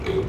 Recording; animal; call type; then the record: contact call of a hoofed animal; pig; closed-mouth grunt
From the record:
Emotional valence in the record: positive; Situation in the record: food and toys in familiar pen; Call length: 0.29 s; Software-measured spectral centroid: 1610 Hz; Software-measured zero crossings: 1110 a second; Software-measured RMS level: -24 dBFS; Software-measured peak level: -16 dBFS